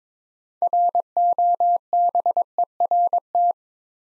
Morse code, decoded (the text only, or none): ROBERT